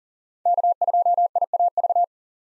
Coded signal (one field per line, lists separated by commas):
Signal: Morse code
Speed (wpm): 40 wpm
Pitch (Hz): 700 Hz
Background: none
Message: K2IAV